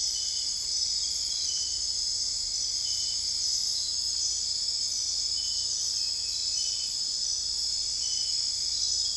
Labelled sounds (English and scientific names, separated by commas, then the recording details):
none
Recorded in dense forest near Puerto Asís, Putumayo, Colombia, on 21 December 2024 at 01:00
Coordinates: 0.485, -76.318
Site GP03